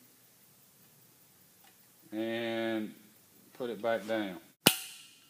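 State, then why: Seated. A snap ring held in snap ring pliers is released into its groove on a brake (EBS) assembly shaft while someone talks. A single sharp snap rings out at 4.7 s as the ring seats in the groove.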